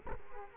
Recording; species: mosquito wingbeat signal from an infrared sensor; Culex quinquefasciatus